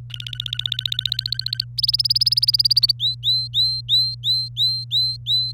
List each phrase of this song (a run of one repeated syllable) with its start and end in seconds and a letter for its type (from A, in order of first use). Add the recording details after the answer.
0.10-1.65 A, 1.78-2.92 B, 3.00-5.52 C. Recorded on 27 April 2018 at 09:03. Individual llb3